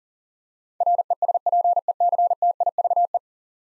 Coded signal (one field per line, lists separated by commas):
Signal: Morse code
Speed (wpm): 40 wpm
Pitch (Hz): 700 Hz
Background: none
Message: RESPECTIVE